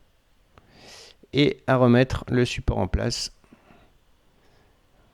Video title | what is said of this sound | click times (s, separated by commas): TUTO ECRAN PIVOTANT 2 AXES TESLA MODEL 3 & Y | bien jusqu'au clic encore une fois, | 0.6 s